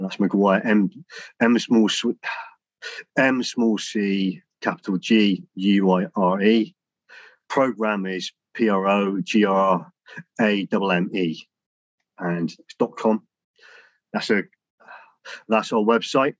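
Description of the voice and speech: Adult male speaker with a stammer that began at age 4 or 5. His speech has prolonged sounds, a repeated phrase and frequent pauses.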